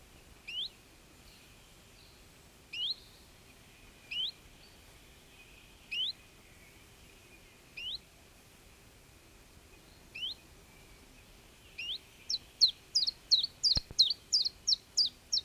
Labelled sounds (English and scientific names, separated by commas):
Common Chiffchaff (Phylloscopus collybita)